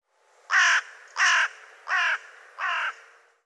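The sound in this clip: Bird giving four harsh, hoarse caws, each about a quarter second long, spaced roughly evenly about 0.7 seconds apart, with nothing else audible.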